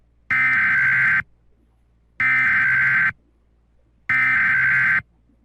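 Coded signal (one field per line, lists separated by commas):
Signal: Emergency Alert System (SAME) tones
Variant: header bursts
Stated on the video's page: Fictional EAS scenario, not a real alert.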